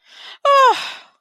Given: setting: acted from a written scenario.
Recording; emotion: vocal sound without words; pain